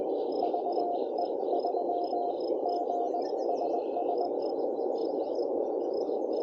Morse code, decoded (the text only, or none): VE3GSS